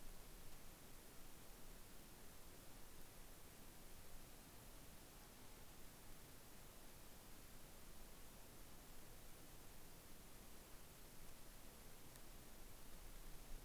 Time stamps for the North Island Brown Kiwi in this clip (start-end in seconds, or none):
none